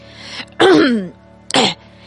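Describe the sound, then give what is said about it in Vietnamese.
A man performs a loud snort with a falling, rasping pitch, then, after a short pause, a brief gruff throat clearing. Two separate bursts, no speech. “Ông ta uống một hơi dài từ cái bình bọc bằng sợi liễu và khịt mũi một tiếng, rồi hắng giọng.”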